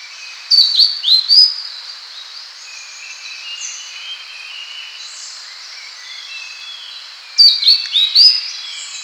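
Citrine flycatcher song: a burst of several high, thin slurred notes, then a pause of several seconds with faint bird twitters, then another similar burst.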